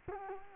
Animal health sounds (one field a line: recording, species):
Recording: mosquito wingbeat signal from an infrared sensor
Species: Culex quinquefasciatus